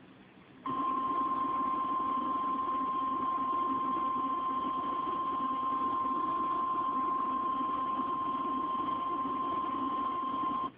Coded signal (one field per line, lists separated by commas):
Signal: Emergency Alert System (SAME) tones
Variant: 1050 Hz attention tone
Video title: eas #8 Severe Thunderstorm Warning 3/31/12